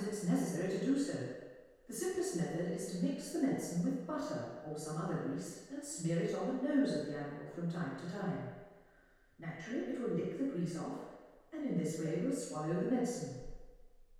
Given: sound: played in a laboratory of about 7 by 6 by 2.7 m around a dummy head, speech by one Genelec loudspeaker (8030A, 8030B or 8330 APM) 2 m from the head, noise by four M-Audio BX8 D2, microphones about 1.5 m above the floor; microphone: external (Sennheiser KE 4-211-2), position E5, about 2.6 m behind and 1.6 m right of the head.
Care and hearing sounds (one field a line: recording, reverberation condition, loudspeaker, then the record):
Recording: female speech in English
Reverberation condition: high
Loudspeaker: 60 degrees to the right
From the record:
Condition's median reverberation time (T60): about 1300 ms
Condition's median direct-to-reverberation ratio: about -4.0 dB